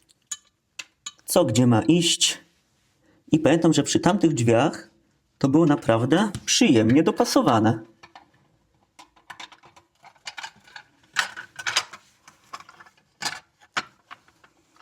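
A plastic part of the right door of a 1/8 scale model KITT car is handled and lined up against the door, with short taps and clicks of plastic between stretches where someone talks. Nothing has seated or clicked into place yet.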